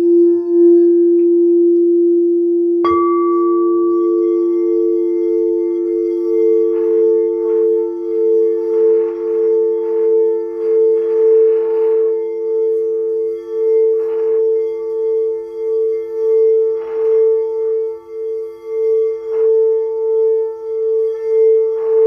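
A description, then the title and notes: A singing bowl rings with a steady low hum and a pulsing, wavering beat in its tone. Around three seconds a new strike adds a clear higher ring, and faint short scraping or rubbing sounds appear intermittently through the middle and later parts. Sound Bowl Healing.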